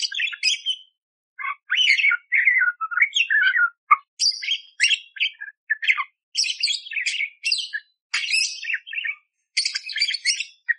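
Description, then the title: Budgerigar song, a nearly continuous run of harsh chirps, buzzy squawks and rapid warbling phrases with brief gaps between them. Masteran (tutor) recording of budgerigar, lively and clear, with coarse 'tembakan' fill phrases, one hour long, suitable for training magpie-robins. "Masteran Burung Parkit Gacor Jernih Full Isian Tembakan Kasar Cocok Buat Kacer"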